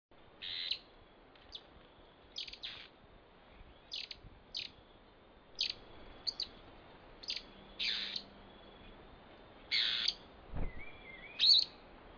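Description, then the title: Dusky-tailed antbird: a loose, irregular run of quick buzzy notes and short harsh chips, with a faint low hum in the background. "LuckyPassaro Completos2Sama. Dusky-tailed Antbird (Drymophila malura)"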